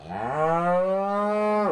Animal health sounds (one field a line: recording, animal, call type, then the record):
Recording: contact call of a hoofed animal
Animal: cattle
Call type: low-frequency (closed-mouth) or high-frequency (open-mouth) call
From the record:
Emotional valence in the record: negative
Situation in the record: full separation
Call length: 1.72 s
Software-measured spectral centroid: 1130 Hz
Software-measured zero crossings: 1470 a second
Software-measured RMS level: -24 dBFS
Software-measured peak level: -11 dBFS